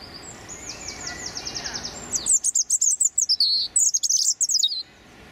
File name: European Robin Erithacus rubecula male singing his territorial song